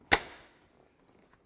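A metal spring clip is snapped over the air filter box cover of a 1997-2004 Dodge Dakota to hold the cover shut. A single sharp, loud broadband snap at 0.1 s rings down over about half a second, followed only by a few faint ticks. The clip snaps closed and seats.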